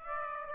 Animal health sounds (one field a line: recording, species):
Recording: mosquito wingbeat signal from an infrared sensor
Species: Aedes aegypti